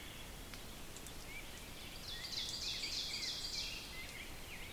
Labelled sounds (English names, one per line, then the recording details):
Ovenbird song
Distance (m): 75 m
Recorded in boreal forest in Alberta, Canada, on 6 June 2016 at 05:14
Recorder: SongMeter 3, array SBT-3-51
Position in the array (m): 228 m, 7 m
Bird 27